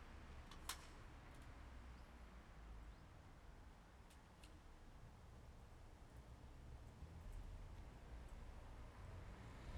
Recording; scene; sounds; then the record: everyday scene through a hearing-aid microphone; in traffic; traffic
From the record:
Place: bus stop on a city main road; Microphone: behind the ear, left, rear